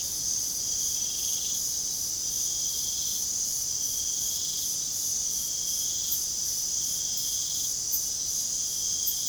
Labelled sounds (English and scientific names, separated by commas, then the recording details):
none
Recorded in pastures near Puerto Asís, Putumayo, Colombia, on 25 June 2025 at 23:00
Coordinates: 0.497, -76.327
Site G040